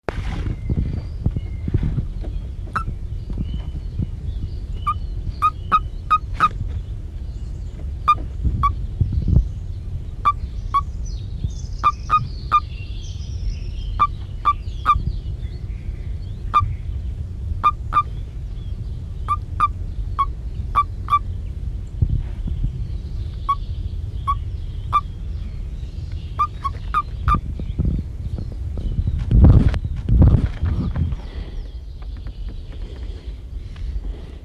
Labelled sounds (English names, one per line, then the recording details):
Common Toad call
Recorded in the wild
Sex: male
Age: adult
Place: Mühlenbecker Land, OT Summt, Brandenburg, DE
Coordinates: 52.695, 13.3594
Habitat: forest
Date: 1976-04-03 10:53
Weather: 12°C
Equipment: Uher CR 210, Sennheiser MD 421 HS, Verstärker, Kopie Uher Variocord
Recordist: Tembrock, Günter